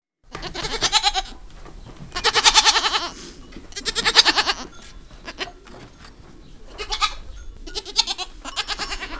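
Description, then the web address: Goats bleating: loud, quavering, nasal bleats come in uneven bursts, with quieter bleats between them. Several goats recorded on a farm. "Les chevres. un jour a la ferme"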